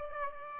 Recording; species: mosquito wingbeat signal from an infrared sensor; Aedes aegypti